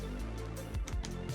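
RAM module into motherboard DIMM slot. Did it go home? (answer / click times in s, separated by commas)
yes / 0.9 s, 1.1 s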